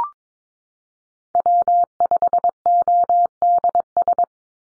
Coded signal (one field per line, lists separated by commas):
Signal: Morse code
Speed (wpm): 22 wpm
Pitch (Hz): 700 Hz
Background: none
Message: W5ODS